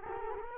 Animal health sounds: mosquito wingbeat signal from an infrared sensor; Culex quinquefasciatus

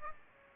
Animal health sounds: mosquito wingbeat signal from an infrared sensor; Aedes aegypti

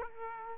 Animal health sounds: mosquito wingbeat signal from an infrared sensor; Aedes aegypti

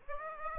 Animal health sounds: mosquito wingbeat signal from an infrared sensor; Aedes aegypti

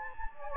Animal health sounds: mosquito wingbeat signal from an infrared sensor; Anopheles gambiae

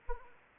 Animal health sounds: mosquito wingbeat signal from an infrared sensor; Anopheles arabiensis

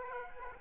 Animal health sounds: mosquito wingbeat signal from an infrared sensor; Aedes aegypti

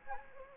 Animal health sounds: mosquito wingbeat signal from an infrared sensor; Anopheles gambiae

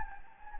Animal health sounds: mosquito wingbeat signal from an infrared sensor; Anopheles gambiae

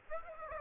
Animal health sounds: mosquito wingbeat signal from an infrared sensor; Aedes aegypti

